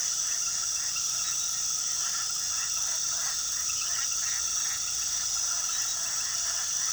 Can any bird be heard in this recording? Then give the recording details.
no. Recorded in pastures near Puerto Asís, Putumayo, Colombia, on 19 February 2024 at 22:30. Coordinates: 0.466, -76.323. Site G6384